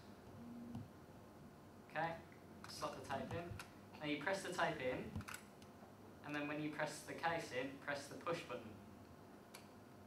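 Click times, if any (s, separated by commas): 9.5 s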